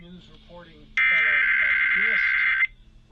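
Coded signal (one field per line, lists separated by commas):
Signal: Emergency Alert System (SAME) tones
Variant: header bursts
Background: speech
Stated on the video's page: Required monthly and weekly test EAS tones, received on an HDR14 receiver with the station on HD.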